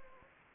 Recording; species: mosquito wingbeat signal from an infrared sensor; Anopheles gambiae